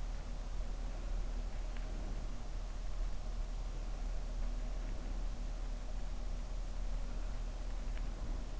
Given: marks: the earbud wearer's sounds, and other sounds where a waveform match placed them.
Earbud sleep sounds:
sounds in sleep by an in-ear microphone; breath
0.81-2.38 s: breath
4.39-5.50 s: breath
7.11-8.53 s: breath

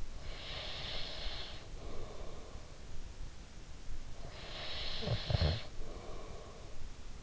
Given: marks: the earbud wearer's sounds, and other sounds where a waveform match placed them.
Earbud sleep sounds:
sounds in sleep by an in-ear microphone; breath
0.00-3.02 s: breath
3.99-6.98 s: breath

